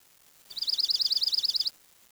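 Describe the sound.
Bird giving one high, dry trill of about twenty fast, evenly spaced notes lasting just over a second, against quiet background.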